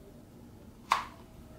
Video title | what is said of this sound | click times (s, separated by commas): hand made Leatherman Wave belt sheath | absolutely clicks into place and it comes in and out real easy no problem | 0.9 s